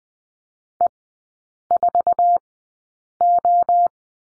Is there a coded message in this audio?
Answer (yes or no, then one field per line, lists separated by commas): yes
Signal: Morse code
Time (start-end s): 0.8-3.9 s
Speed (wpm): 20 wpm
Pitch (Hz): 700 Hz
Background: none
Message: E4O